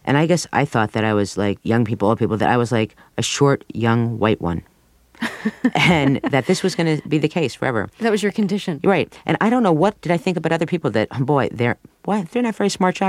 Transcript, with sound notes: And I guess I thought that I was, like, young people, old people, that I was, like, a short young white one...... (laughs) and that this was going to be the case forever.
That was your condition.
Right. And I don't know what did I think about other people, that -- boy, they're -- boy, they're not very smart shoppers.